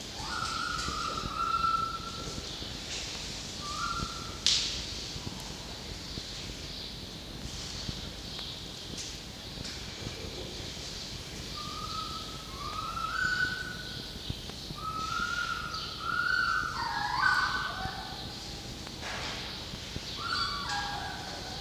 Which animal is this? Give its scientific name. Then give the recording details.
Vulpes vulpes. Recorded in captivity. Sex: female. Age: juvenile. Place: Zoologisches Institut der HUB, Berlin, DE. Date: 1953-05-19 12:55. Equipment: Elmetra. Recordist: Tembrock, Günter